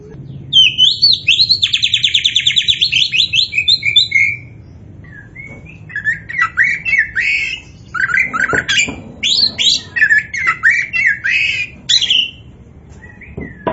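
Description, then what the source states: Oriental magpie-robin song opening with a fast run of repeated buzzy notes, then varied whistled and warbled phrases with pauses between them. Bird named by the Indonesian term kacer poci, described as gacor, meaning in full vigorous song.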